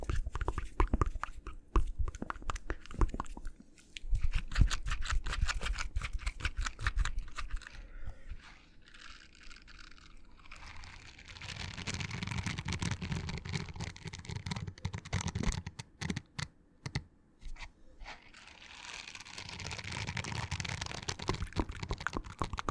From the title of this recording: Super Tingly Mouth Sounds